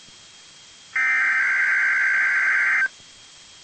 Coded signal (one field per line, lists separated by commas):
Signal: Emergency Alert System (SAME) tones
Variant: header bursts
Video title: EAS: Required Weekly Test